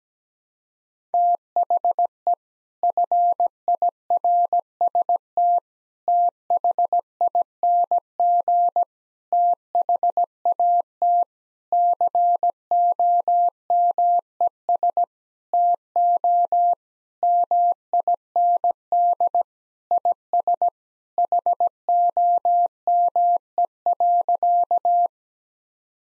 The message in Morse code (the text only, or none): THE FIRST THING THAT COMES TO MIND IS HOME.